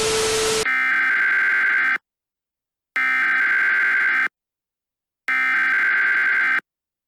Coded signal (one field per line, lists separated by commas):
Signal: Emergency Alert System (SAME) tones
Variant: header bursts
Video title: EAS Scenario: Paranormalia [FULL MOVIE]